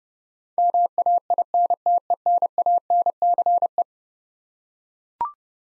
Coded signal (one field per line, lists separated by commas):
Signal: Morse code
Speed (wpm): 31 wpm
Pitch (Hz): 700 Hz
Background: none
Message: MAINTENANCE